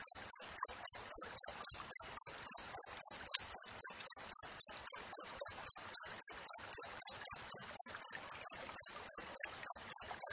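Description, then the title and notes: Cricket chirping: a high, steady pulse repeated nearly four times a second, evenly spaced throughout, with faint scattered rustling beneath. Clear wild cricket chirping with tightly spaced pauses, used for training songbirds and for repelling rats. "Masteran Jangkrik Alam Jernih, Jeda Rapat Cocok Untuk Masteran Burung Dan Mengusir Tikus. suara jangkrik"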